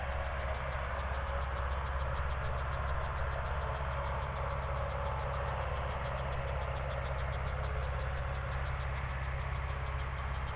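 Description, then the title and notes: Crickets sing a continuous high-pitched trill with clear rapid pulsing chirps, accompanied by steady low engine drone in the background. Evening crickets at Spalona Pass, Bystrzyckie Mountains, Poland, 18 July 2024 around 19:00; old tractor mowing grass in village below audible. "Spalona 6, 57-516, Polska - Spalona Pass - crickets and haymaking. Przełęcz Spalona w Górach Bystrzyckich. wieczorne świerszcze"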